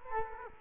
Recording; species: mosquito wingbeat signal from an infrared sensor; Culex quinquefasciatus